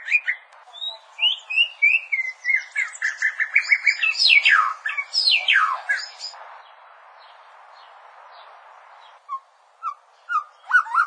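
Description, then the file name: Bird song, a lively run of whistled and slurred notes sweeping up and down for about six seconds, then a pause and a few short rising chirps. "recht guter gesang"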